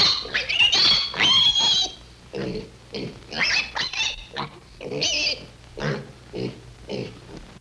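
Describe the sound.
Pig grunting in irregular bursts, with loud high squeals at the start and a shorter squeal midway.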